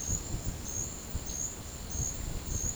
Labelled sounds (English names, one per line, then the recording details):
none
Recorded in dense forest near Puerto Asís, Putumayo, Colombia, on 4 March 2025 at 12:30
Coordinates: 0.500, -76.322
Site GP06